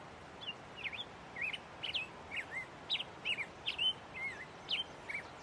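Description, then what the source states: Grosbeak song, a series of sweet, slurred looping notes in quick succession over faint hiss. Recorded today down by the creek; the grosbeaks have returned.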